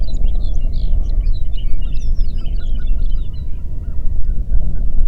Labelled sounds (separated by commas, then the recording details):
songbird, waterfowl, wind
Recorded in the Prudhoe Bay oil fields, Alaska, on 8 June 2019 at 04:55
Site 30